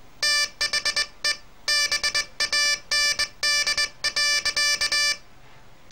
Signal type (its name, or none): Morse code